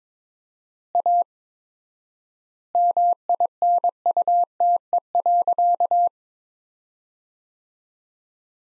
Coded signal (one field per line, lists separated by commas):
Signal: Morse code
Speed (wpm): 22 wpm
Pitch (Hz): 700 Hz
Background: none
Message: A MINUTE.